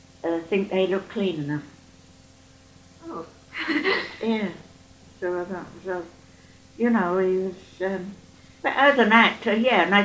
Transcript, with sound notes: eh, think they looked clean enough.
Oh! [laughs]
Yeah. So I thought to myself, you know, he was erm. But as an actor, yeah.